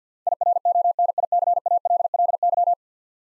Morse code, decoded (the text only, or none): IRONICALLY